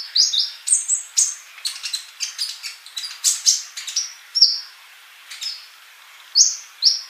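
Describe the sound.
Bird song: a lively stream of high chirps and twittering notes, then a pause, then two emphatic whistled slurs at the close.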